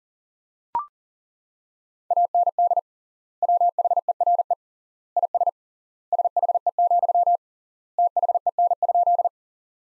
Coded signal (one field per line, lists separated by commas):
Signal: Morse code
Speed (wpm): 37 wpm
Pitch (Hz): 700 Hz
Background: none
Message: AND WHERE IS SHE, THEN?